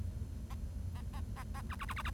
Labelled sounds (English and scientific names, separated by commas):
Bengalese Finch (Lonchura striata domestica) song